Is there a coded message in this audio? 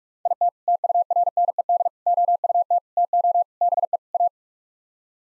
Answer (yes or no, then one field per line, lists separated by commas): yes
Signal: Morse code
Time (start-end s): 0.3-4.3 s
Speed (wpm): 43 wpm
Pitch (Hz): 700 Hz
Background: none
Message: IT TURNED OUT TO BE A